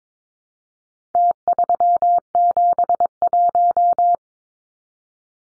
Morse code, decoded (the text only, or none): T371